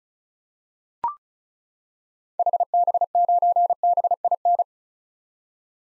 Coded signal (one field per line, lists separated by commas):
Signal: Morse code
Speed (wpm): 36 wpm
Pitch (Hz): 700 Hz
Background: none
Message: HB9BIN